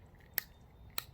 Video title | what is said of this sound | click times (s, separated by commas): Fiskar Pro Utility Knife | usually about 2 clicks. See, now it's much easier. | 0.4 s, 1.0 s